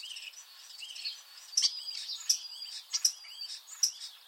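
Eurasian starling song: buzzy, squeaky chatter throughout, punctuated in the second half by several sharp high clicks.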